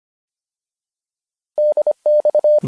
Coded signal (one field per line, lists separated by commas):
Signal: Morse code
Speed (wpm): 26 wpm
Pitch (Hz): 600 Hz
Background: none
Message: DX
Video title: DX Headlines Omnibus 1 (from Pedestrian Mobile to Dutch Offshore Radio)